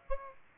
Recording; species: mosquito wingbeat signal from an infrared sensor; Aedes aegypti